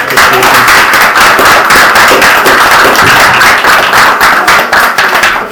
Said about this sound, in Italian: Un applauso ancora agli attori.